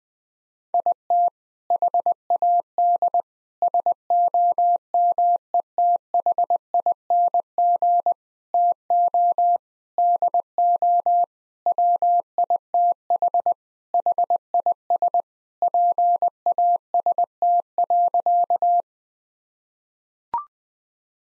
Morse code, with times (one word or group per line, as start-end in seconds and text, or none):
0.7-1.3 IT
1.7-3.2 HAD
3.6-8.1 SOMETHING
8.5-9.6 TO
10.0-11.2 DO
11.7-13.5 WITH
13.9-15.2 HIS
15.6-18.8 PAST.